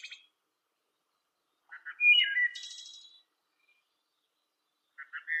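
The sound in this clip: Blackbird song with one full phrase of soft chips, a loud buzzy trill and a high rasping ending, plus clipped fragments at the start and end.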